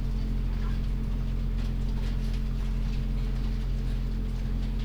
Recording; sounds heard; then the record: poultry house recording; sick chickens (respiratory disease)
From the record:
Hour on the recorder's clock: 21